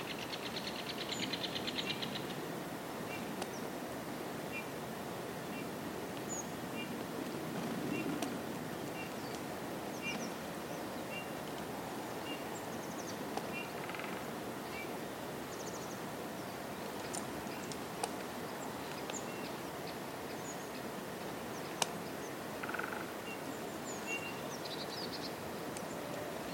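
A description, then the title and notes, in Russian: A steady winter hush of low, even rustling noise fills the whole clip without change. Birds chirp faintly now and then over it, with a brief burst of high twittering at the start and short calls scattered later. Сколько разных звуков можно услышать в зимнем лесу? Белый шум зимы, птицы.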